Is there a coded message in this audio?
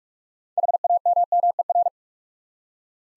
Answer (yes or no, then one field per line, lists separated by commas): yes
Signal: Morse code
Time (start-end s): 0.6-1.9 s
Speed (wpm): 44 wpm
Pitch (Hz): 700 Hz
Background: none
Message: HAMMER